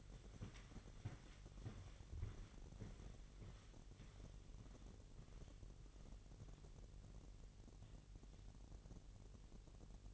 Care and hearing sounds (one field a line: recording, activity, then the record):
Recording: daily activity, microphone in the room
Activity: walk to room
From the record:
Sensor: 4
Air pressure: 1013.0 hPa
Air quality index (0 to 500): 238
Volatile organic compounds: 4 ppm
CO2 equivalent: 1586 ppm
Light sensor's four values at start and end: 32/77/32/31 and 33/78/32/31